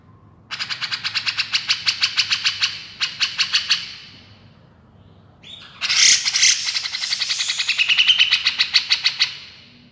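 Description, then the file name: Grey-cheeked bulbul: rapid trains of sharp repeated notes, a pause, then louder, denser chatter. Female. "suara cucak jenggot betina"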